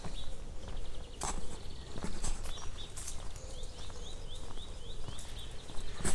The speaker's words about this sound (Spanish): Mayo, mes de las flores, mes de los pajaritos. ¿Los oís?